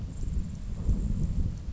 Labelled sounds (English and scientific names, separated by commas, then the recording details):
Grasshopper Sparrow (Ammodramus savannarum)
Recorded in Sonoma County, California